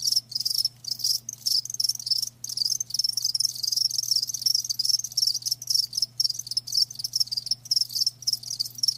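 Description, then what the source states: Cricket chirping, loud high trilled bursts broken by brief gaps, repeated steadily throughout over a constant low hum. Live crickets chirping; a lulling song.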